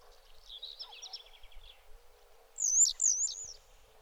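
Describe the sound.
Bird calls: a run of quick, sputtering chirps, then a loud high whistle of two wavy, rising-and-falling notes.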